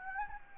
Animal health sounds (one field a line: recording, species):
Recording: mosquito wingbeat signal from an infrared sensor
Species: Anopheles gambiae